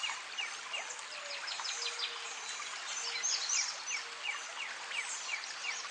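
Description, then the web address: Birds chirping, many quick high chirps and short downslurred notes overlapping in a busy chorus over a steady background hiss. Birds recorded by a creek in a forest setting. "Lynne Music Birds-By-The-Creek"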